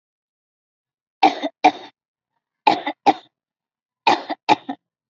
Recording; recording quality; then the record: heavy voluntary cough; excellent, no background noise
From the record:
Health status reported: healthy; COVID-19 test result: negative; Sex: female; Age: 19 years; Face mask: not worn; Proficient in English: yes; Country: India